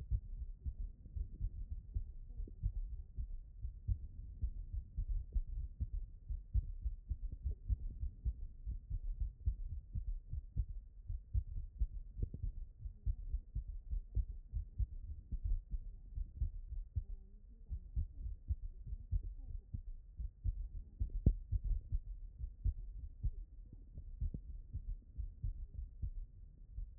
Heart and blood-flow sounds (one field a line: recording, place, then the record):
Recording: heart sounds by stethoscope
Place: pulmonary valve (PV)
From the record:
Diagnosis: HFrEF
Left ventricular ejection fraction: 35%